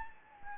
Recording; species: mosquito wingbeat signal from an infrared sensor; Anopheles gambiae